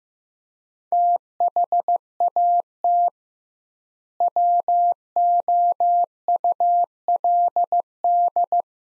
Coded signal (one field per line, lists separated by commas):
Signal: Morse code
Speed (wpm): 15 wpm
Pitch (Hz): 700 Hz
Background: none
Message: THAT WOULD